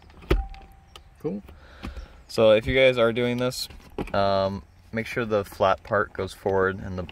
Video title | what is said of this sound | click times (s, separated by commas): Genesis Sedan Deployed Headrest Reset (2009 - 2014) | just basically like you guys saw just push it forward until it clicks and | 0.3 s